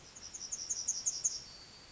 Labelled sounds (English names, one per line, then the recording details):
Yellowhammer song
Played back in forest
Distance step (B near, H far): E
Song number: 022